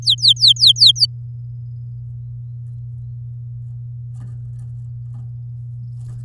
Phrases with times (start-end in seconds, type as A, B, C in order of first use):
0.02-1.06 A